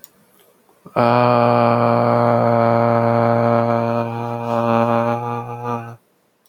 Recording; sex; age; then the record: vowel held as long as possible; male; 20 to 29 years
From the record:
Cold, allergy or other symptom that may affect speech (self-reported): no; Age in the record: 26 years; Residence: Florida, United States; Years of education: 16